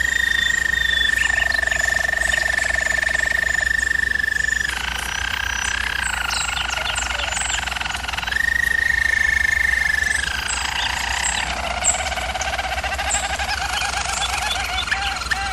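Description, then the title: German Roller canary singing long sustained rolls, alternating between a clear higher trill and a deeper, fuller roll in blocks of several seconds. Domestic canary song used for canary training. "German Roller Canary Singing - Canary Training Vid"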